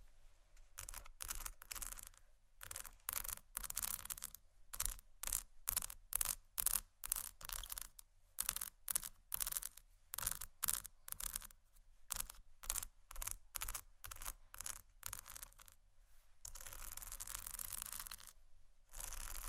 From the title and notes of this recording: ASMR Scratchy Tapping For Sleep & Study （No Talking）.